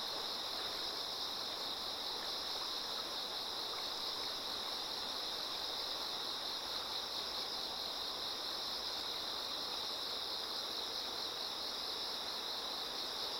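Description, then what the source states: High, even insect drone from a chorus of callers, with the soft steady roar of flowing water throughout. Many insects singing in chorus beside a slowly flowing river.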